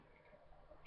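The plastic heel piece on the second foot of an Age of Extinction Voyager Galvatron action figure is handled and flipped out, with faint handling noise and a soft tick near the end. Nothing has clicked into place or seated yet.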